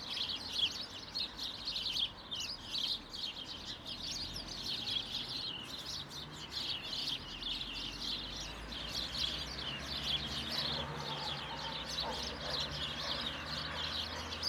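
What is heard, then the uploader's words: Birds chatter without pause in a hedge, a dense tangle of quick, bright chirps and tweets overlapping throughout. Beneath them runs a low, steady rumble of traffic, with a vehicle passing from about ten seconds on. Birds in a hedge, traffic. A hedge in Bedlington.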